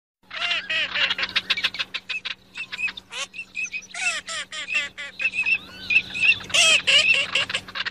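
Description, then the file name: Gull calls: raucous arched squawks and rapid chattering from several birds at once, dense and uneven, with sharp high notes scattered throughout and a faint low hum beneath. "Gaivota"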